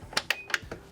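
A swivel 12-volt TV on a Cutwater C-32 Command Bridge is pushed back into its cabinet recess and locks into its stowed position. A series of sharp clicks and knocks is heard, with the latch clicking at 0.3 s, and the TV is seated.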